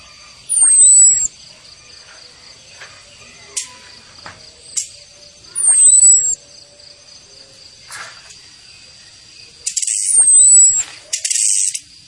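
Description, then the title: Orange-headed thrush giving a thin, high, falling whistle about every five seconds, with brief harsh rattling bursts between them and a steady high hum. Female whistles and chattering calls used to make the thrush sing vigorously. "Anis Kembang Gacor. Suitan betina dan kretekan bikin anis kembanganis merah GACOR"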